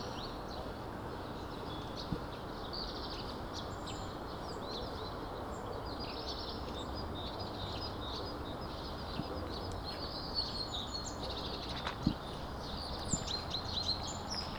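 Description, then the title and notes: Birds chirping faintly: thin high tweets and twittering run continuously, partly masked by a steady rushing background noise with occasional soft knocks. Birds chirping among bush-overgrown remains of buildings, vulytsia Shmidta 20, Kostiantynivka, Donetsk Oblast, Ukraine; recorded on a Zoom H2n. "вулиця Шмідта, 20, місто Костянтинівка, Donetsk Oblast, Украина, 85100-Птицы среди руин. Щебет птиц в поросших кустами остатках зданий"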